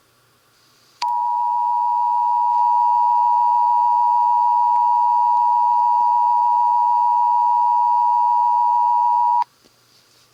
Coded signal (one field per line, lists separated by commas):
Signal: Emergency Alert System (SAME) tones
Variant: 853 and 960 Hz attention tone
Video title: EAS Scenario Follow-up: Is it over yet?!